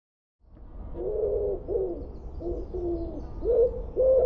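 Bird calls: low, mellow cooing or hooting notes in several short bursts over a steady low rumble.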